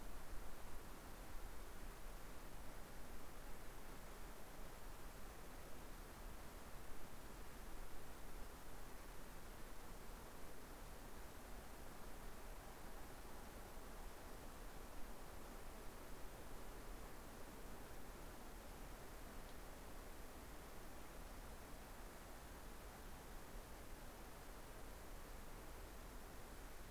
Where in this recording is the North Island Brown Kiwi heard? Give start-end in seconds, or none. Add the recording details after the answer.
none. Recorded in New Zealand on 3 November 2013. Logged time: 01:58. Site CV71